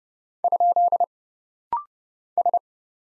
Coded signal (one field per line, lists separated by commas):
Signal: Morse code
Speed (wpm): 29 wpm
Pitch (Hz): 700 Hz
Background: none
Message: ? S